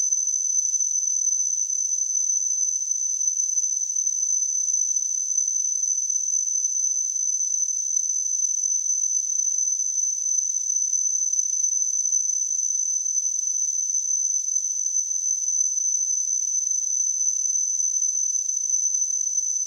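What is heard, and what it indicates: A steady, piercing high-pitched tone with a faint hiss around it runs unchanged for about 20 seconds. It is a simulation of tonal tinnitus, the constant ringing a person with the condition perceives.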